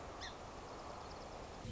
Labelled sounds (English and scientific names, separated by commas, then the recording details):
Song Sparrow (Melospiza melodia)
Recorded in Sonoma County, California